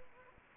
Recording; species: mosquito wingbeat signal from an infrared sensor; Anopheles gambiae